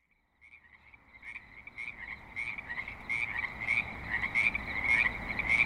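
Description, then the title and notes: Frogs start calling after a brief silence, their high trilled notes swelling louder into a steady chorus over soft traffic hum. At a creek in Spanish Springs, Nevada, with light traffic and other suburban sounds. "Frogs in Spanish Springs, NV - creek view. Frogs with light traffic and other suburban sounds"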